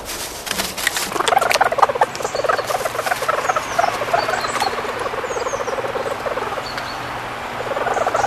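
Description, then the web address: Stoat giving a near-continuous rapid pulsed trill that rises and falls in loudness. "earth naturelibrary assets s st stoat"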